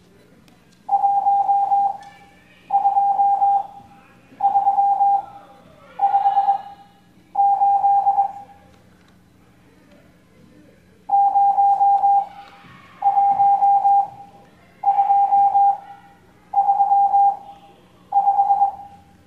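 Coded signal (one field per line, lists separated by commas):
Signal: Morse code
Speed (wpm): 21 wpm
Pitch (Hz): 800 Hz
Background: none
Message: 12358 01235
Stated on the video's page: Morse code class lesson.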